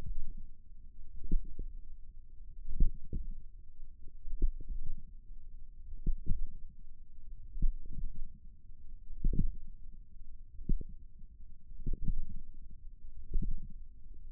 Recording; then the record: forearm muscle sounds (acoustic myography)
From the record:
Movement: tripod grip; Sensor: system 1, eight BSWA MPA416 microphones around the upper forearm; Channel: 8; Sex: female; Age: 21 years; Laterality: right